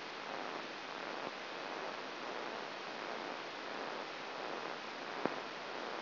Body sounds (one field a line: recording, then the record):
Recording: brain microelectrode recording played as sound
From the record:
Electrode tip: outside the subthalamic nucleus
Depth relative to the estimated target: 6 mm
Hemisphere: right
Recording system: AlphaMap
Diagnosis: Parkinson's disease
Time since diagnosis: 11 years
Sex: male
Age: 66 years